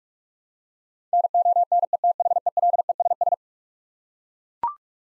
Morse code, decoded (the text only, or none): NONETHELESS